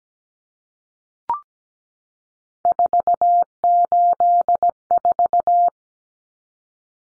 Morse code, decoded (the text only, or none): 484